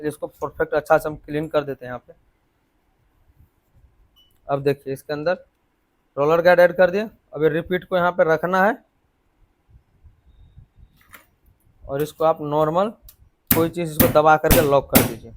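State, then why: Not seated. On a Splendor BS6 motorcycle engine, the metal pin for the timing chain roller guide is placed in position by hand, with only faint handling taps around 11.0 to 11.6 seconds. Someone talks before and after. The pin has not yet been pressed in or locked, and nothing has seated or clicked yet.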